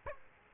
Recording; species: mosquito wingbeat signal from an infrared sensor; Aedes aegypti